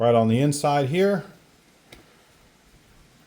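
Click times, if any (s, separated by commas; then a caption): 1.9 s. Someone talks, then a metal retaining clip is fitted into the quick-connect fitting of a cut turbo coolant/oil line on a 130,000-mile Ecoboost turbo, giving a short, sharp tick at 1.9 s. The clip goes on but is not fully seated, which is acceptable here because it is only a demonstration.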